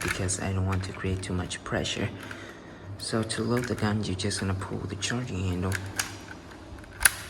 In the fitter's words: you hear a click and a bullet goes into the chamber and you are ready to be fired.